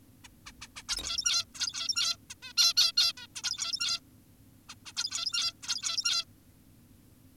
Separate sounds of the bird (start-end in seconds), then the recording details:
0.24-0.28, 0.46-0.52, 0.62-0.68, 0.76-0.83, 0.89-1.45, 1.55-2.17, 2.30-2.34, 2.42-2.53, 2.58-2.74, 2.77-2.92, 2.97-3.13, 3.17-3.27, 3.36-3.42, 3.44-4.00, 4.69-4.75, 4.86-4.93, 4.97-5.53, 5.63-6.25. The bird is an adult. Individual g17y2U